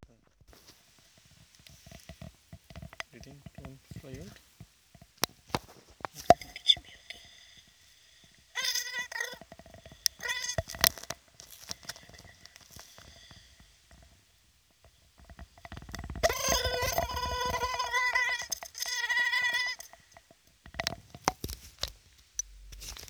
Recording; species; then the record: mosquito flight sound by mobile phone; Aedes sierrensis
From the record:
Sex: female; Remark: in a tube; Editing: field recording with all noises